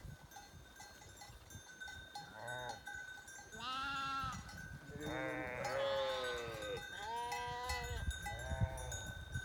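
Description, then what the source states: Sheep bleating, several drawn-out wavering bleats, some overlapping, over a low rumbling background and a steady thin tone. September 2021.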